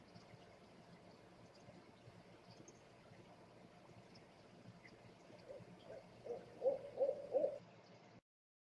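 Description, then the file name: Owl hooting, a few short, low hoots near the end, closely spaced, over a steady background hiss. Owl calling at night, described as eerie. "tieng cu meo keu kinh di trong dem"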